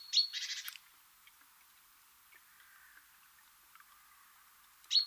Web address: SETE data Parus major